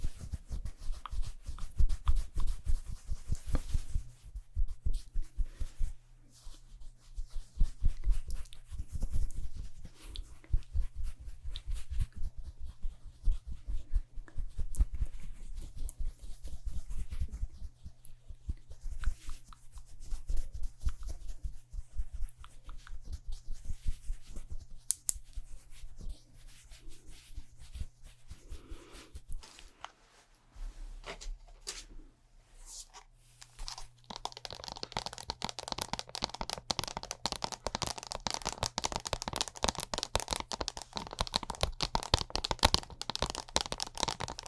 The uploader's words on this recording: ASMR Doing Your MINT Makeup (Fast & Aggressive Layered Sounds) NO TALKING.